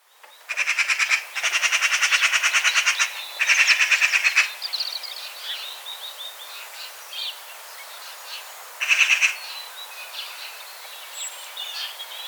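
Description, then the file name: Eurasian magpie chattering in loud, rapid rattles: three bursts early on, another shorter burst later, with faint high chirps in between. "Pica pica"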